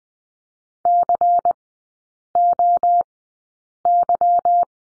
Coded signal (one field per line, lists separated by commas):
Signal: Morse code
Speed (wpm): 20 wpm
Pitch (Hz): 700 Hz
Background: none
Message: COY